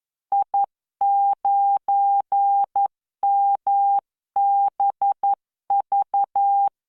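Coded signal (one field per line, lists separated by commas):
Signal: Morse code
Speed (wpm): 11 wpm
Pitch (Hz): 800 Hz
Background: none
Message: I9MBV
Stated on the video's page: Morse practice generated by the LearningMorse V.0.74 training software at 11 WPM with standard spacing.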